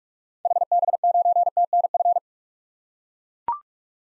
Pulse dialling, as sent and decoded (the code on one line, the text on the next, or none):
none